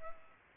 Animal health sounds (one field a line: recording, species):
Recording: mosquito wingbeat signal from an infrared sensor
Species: Culex pipiens